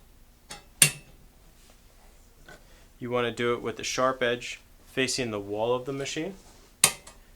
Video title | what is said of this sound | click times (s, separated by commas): Electro Freeze B24 Machine Assembly | the feet are just going to snap right in place you | 0.8 s